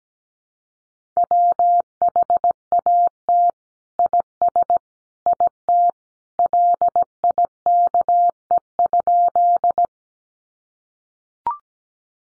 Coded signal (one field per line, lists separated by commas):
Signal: Morse code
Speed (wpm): 17 wpm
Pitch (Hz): 700 Hz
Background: none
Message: WHAT IS IT LIKE?